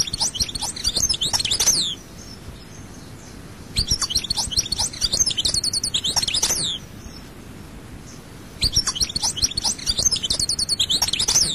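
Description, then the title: European goldfinch song: repeated bursts of rapid, bright twittering and chirping, with quiet spells between. "Chant Chardonneret"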